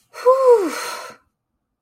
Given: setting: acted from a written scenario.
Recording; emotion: vocal sound without words; relief